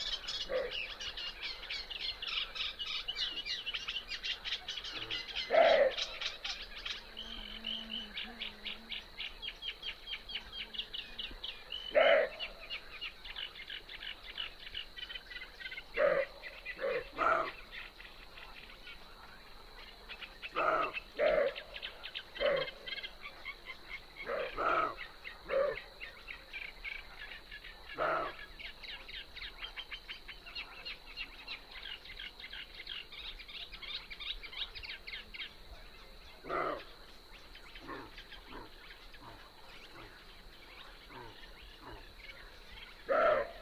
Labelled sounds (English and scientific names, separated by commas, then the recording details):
Western Roe Deer (Capreolus capreolus) barking
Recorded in the wild
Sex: male
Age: adult
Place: Zarnekow, Kummerower See, Mecklenburg-Vorpommern, DE
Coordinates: 53.8756, 12.8811
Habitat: meadow
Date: 2010-06-23 22:15
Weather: fair, 16°C, no wind
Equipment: Sound Devices 702, Sennheiser MKH 70, Rycote Windschutz
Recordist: Frommolt, Karl-Heinz